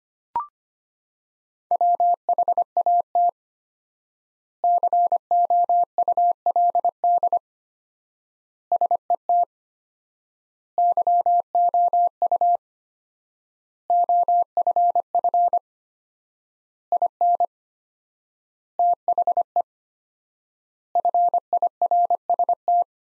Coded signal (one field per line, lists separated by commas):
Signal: Morse code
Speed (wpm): 25 wpm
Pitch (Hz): 700 Hz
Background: none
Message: WHAT COULD SET YOU OFF IN THE FIRST